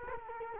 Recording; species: mosquito wingbeat signal from an infrared sensor; Culex quinquefasciatus